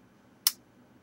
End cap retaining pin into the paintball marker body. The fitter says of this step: we go I heard it snap into place okay